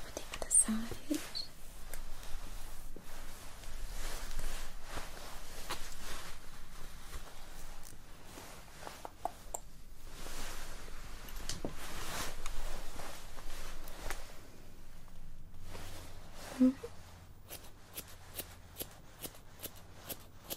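Hair salon sounds: a steady low hum runs under frequent short clicks, snips and rustles, with faint voices now and then. Activity thickens around the middle, then thins after about 15 seconds into quicker, regular clicking bursts near the end.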